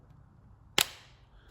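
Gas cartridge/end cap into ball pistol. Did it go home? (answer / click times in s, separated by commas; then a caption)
yes / 0.8 s. On first use of a ball pistol, the gas cartridge end cap, already fitted with a quarter-turn, is given a small knock. A single short, sharp click comes at 0.8 s over quiet background hiss, showing the cartridge has seated and the pistol is ready to fire.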